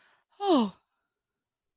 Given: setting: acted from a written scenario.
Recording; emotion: vocal sound without words; sympathy